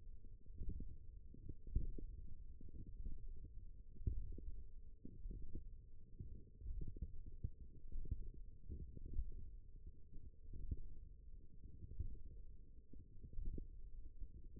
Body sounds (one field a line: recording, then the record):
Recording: forearm muscle sounds (acoustic myography)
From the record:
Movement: index flexion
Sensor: system 1, eight BSWA MPA416 microphones around the upper forearm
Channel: 3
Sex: female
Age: 20 years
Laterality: right